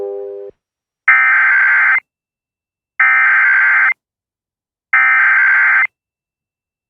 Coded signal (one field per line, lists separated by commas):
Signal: Emergency Alert System (SAME) tones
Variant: header bursts